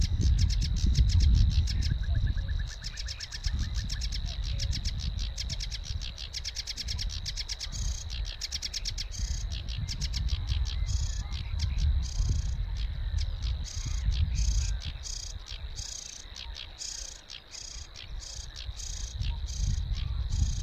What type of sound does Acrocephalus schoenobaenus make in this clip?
song